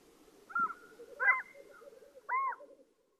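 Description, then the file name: Black-throated loon calls: three arched, harmonic notes, the last a clear rising-then-falling wail, over a steady low background hum. With echo. "black throated loon bird echo"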